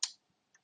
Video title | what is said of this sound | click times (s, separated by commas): Winders' Machine Threading | You hear a tiny little click. Now you know that it's in properly. | 0.0 s